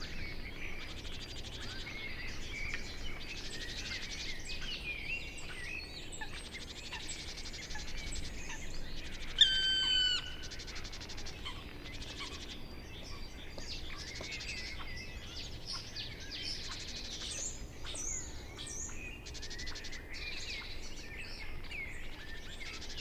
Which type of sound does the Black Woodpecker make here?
flight call